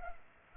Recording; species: mosquito wingbeat signal from an infrared sensor; Culex pipiens